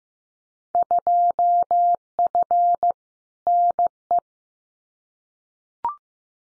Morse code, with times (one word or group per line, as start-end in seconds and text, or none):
0.8-2.9 2F
3.5-4.2 NE